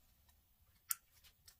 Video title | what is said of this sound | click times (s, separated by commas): Ford Sparkplugs & Coilpacks Replacement 08/09 Taurus limited/SEL & Sable 3.5L #howto #automobile 👍👉 | But, I'm sure you can hear them click on there. | 0.9 s